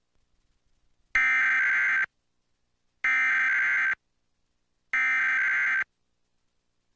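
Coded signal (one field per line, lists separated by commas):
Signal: Emergency Alert System (SAME) tones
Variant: header bursts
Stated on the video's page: Reupload of required weekly tests.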